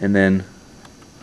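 An M42-to-K mount lens adapter is being inserted into a camera body mount, opposite side first, away from the red dot. Someone talks briefly at the start, followed by quiet handling with a faint tick near 0.9 s. Nothing has seated or snapped into place yet.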